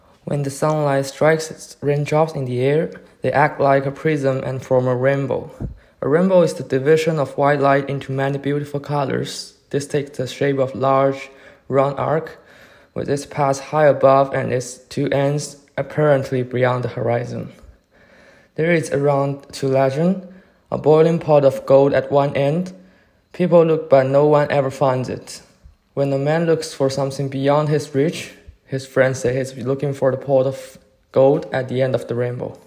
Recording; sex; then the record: reading aloud after running; male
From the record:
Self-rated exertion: light exertion (2 of 6); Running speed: 7 miles an hour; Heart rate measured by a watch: 121 beats a minute at the start, 119 at the end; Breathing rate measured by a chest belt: 12 breaths a minute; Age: 23 years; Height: 172 cm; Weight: 64 kg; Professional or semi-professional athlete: yes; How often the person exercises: 3 to 5 times a week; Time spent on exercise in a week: 2 to 3 hours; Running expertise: no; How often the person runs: 1 to 2 times a week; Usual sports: running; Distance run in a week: 15 km